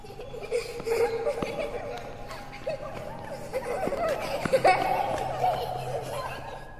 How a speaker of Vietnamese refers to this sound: Anh nghe có tiếng cười của trẻ con vang vọng, đang chạy thình thịch nô đùa.